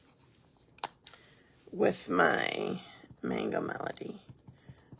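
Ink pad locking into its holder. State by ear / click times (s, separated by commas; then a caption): seated / 0.8 s. A Mango Melody stamp ink pad is locked into its holder or case so it won't slide, with a sharp click at 0.8 s and a few smaller taps nearby. Afterward someone talks, and the pad stays locked in place.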